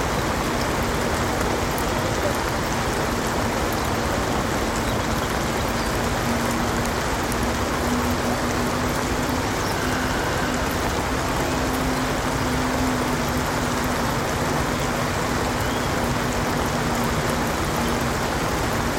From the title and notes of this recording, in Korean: 부드러운 여름비 ASMR | 도시 운하의 분위기. 유트레흐트의 매력적인 운하에 정박된 아늑한 하우스보트로의 평화로운 탈출을 경험하세요. 비가 물 위를 부드럽게 두드리면서, 도시의 미묘한 생활과 조화를 이루어 고요한 멜로디를 만들어냅니다. 하우스보트와 인근 수로 위에서 부드럽게 춤추는 비의 리듬은 먼 도시의 소음과 어우러집니다.